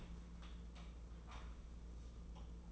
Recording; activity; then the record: daily activity, microphone in the room; open door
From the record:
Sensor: 1